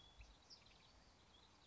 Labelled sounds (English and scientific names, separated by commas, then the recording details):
California Towhee (Melozone crissalis)
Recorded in Sonoma County, California